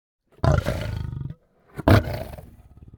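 Lion snarls, two harsh guttural outbursts, the first a pulsing growl near one second long, the second a sharp rasping blast trailing into throbbing growl.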